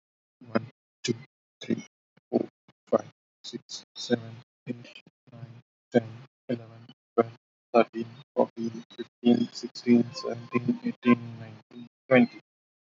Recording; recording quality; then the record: counting at a normal pace; excellent, no background noise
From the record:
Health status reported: healthy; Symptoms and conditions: cough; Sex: male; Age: 26 years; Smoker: not ticked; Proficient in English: yes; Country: India